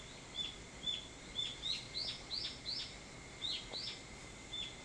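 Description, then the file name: Evening cicada song, short metallic notes near high pitch, each dropping slightly, given in loose bursts, with a steady faint high tone underneath throughout. Recorded on 22 July 2023 at 04:40. "higurashi 230722 0440"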